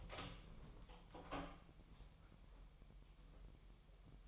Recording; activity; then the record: daily activity, microphone in the room; open door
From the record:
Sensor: 1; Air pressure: 1001.2 hPa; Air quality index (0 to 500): 249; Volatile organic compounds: 145 ppm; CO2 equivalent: 4000 ppm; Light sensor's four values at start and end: 12/29/12/13 and 13/30/12/13